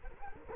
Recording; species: mosquito wingbeat signal from an infrared sensor; Culex quinquefasciatus